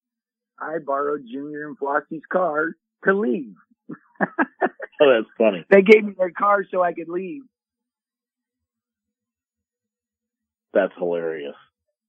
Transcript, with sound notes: I borrowed Junior and Flossy's car to leave.
(laughs)
Oh, that's funny.
They gave me their cars so I could leave.
That's hilarious.